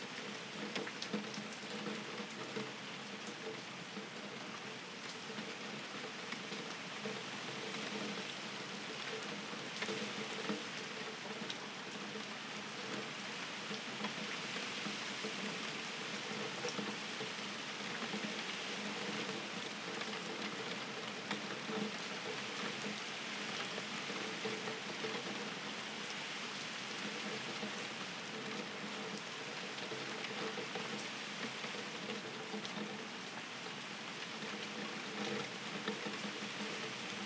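Steady rain patters densely against a window glass, a constant bright hiss with faint low hum beneath, unchanging throughout.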